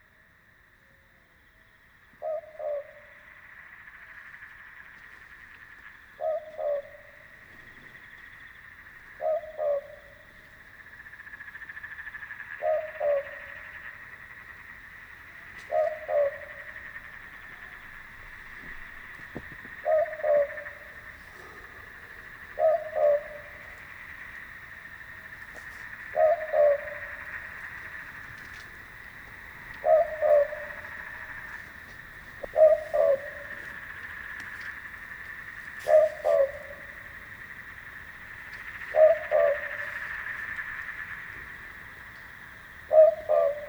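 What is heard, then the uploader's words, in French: Dawn in an Australian swamp: a steady, thin high chorus hums without pause, swelling slightly at times. Over it, a soft, low cooing call, often doubled, repeats at a very regular pace about every three seconds, clear. Enregistrée au lever du jour dans le marais du Dunns swamp en Australie dans le Wollemi National park.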